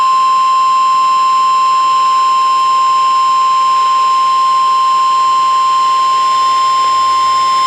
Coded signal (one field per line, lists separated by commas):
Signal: Emergency Alert System (SAME) tones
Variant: 1050 Hz attention tone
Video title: Severe Thunderstorm Warning 2 On WXJ75, WMAY-FM, & WMKR-FM 3/19/2025 (EAS #2,732-2,734)